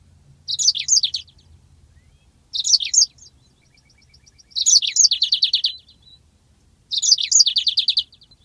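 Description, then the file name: Yellow-fronted canary song in short phrases about every two seconds, each of quick whistled slurs, some ending in a brief rapid trill, with near silence between. "mozambik omkicau"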